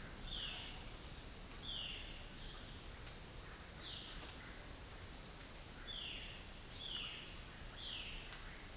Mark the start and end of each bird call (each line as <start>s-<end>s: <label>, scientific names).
0.13s-2.15s: Cyanocorax violaceus
5.78s-8.28s: Cyanocorax violaceus